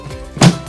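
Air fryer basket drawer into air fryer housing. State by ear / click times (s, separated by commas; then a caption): seated / 0.4 s. An air fryer basket drawer is pushed back into a Gourmia digital air fryer housing. Quiet background music plays until a sharp thunk at 0.4 s as the drawer clicks home and seats in place.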